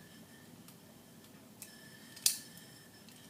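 The CB-18 Power Manteau tune-up gear part is pressed by hand onto the back of a plastic Crossfight B-daman core. After a few faint ticks, a loud, sharp snap at 2.3 s marks the part seating into place.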